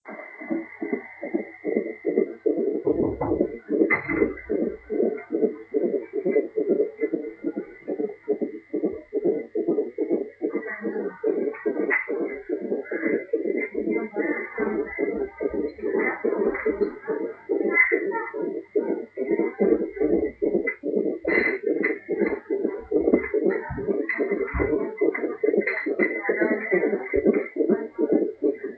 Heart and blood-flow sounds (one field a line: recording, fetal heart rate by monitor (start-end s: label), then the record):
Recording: fetal heart sounds by stethoscope on the mother's abdomen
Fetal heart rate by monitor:
0.00-10.00 s: 144 bpm
10.00-20.00 s: 143 bpm
20.00-28.78 s: 145 bpm
From the record:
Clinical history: preeclampsia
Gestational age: 36 weeks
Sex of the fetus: girl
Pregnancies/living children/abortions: 2/0/1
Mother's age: 33 years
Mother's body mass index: 37.5